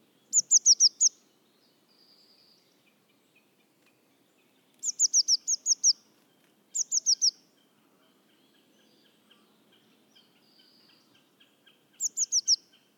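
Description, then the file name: Eurasian blue tit giving bursts of high, thin, rapid notes in short strings of several notes, repeated four times, with a soft buzzy note between some bursts. "Cyanistes caeruleus"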